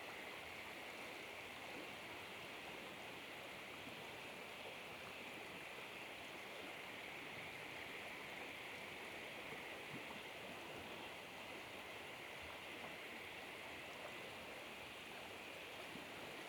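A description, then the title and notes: A river rushes steadily with spring snowmelt, a dense, unbroken roar that holds the same level from start to finish. The flow sounds full, with a bright hiss over a churning middle and faint low thuds scattered through it. This is the Gungarlin River in the NSW Snowy Mountains, recorded on a crisp early spring night. This recording was made with a Sennheiser 3D Ambeo headset, with a little HPF and gain in post. Night-time by a River During Spring Snow Melt.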